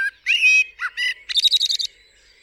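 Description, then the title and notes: Common blackbird song opening with fluty whistles and ending in a fast run of several high squeaky chips. Singing on a studio roof, UK, 8 April 2020 around 7am during Covid-19 lockdown; recorded with a parabolic dish, MKH50 and MKH30 microphones in M/S and a Sonosax R4+ recorder. "Blackbird On A Still Morning. I would like to share this recording I made this morning on the 8th April 2020 around 7am. A Blackbird singing on the roof of my studio"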